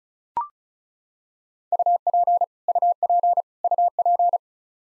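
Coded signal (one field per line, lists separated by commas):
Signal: Morse code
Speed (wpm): 36 wpm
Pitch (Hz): 700 Hz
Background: none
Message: UP UP UP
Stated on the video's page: Morse code practice at 35 wpm: the 100 most common English words, each sent three times, then spoken, then sent again.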